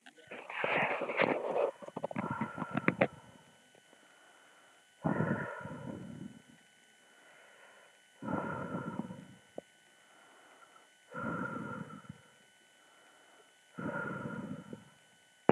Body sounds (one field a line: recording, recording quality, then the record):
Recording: shallow breathing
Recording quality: excellent, no background noise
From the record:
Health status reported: exposed to COVID-19, no respiratory illness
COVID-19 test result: negative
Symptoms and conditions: fatigue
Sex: female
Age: 47 years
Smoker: yes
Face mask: not worn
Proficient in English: yes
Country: France